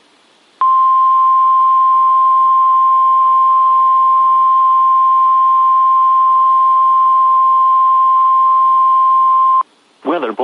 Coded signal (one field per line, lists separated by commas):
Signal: Emergency Alert System (SAME) tones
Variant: 1050 Hz attention tone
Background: speech